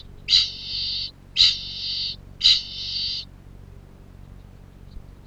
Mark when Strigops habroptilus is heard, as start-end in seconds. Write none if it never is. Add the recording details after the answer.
0.00-3.35. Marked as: faintness 1/5. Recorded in New Zealand. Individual Piripi